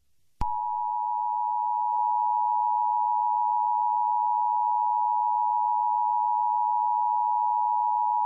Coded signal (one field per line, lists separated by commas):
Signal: Emergency Alert System (SAME) tones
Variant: 853 and 960 Hz attention tone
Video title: The bunny killer (EAS SCENARIO)